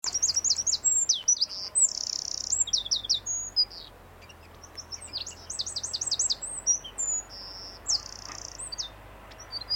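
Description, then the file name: Eurasian wren song: very high, rapid trilled bursts of repeated notes mixed with short level notes, several bursts, low background hum. "Troglodytes troglodytes"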